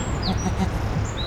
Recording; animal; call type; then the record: contact call of a hoofed animal; goat; low-frequency (closed-mouth) or high-frequency (open-mouth) call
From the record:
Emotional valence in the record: negative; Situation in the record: short social isolation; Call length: 1.28 s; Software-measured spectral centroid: 2310 Hz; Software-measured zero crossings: 1890 a second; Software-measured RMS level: -24 dBFS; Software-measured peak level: -11 dBFS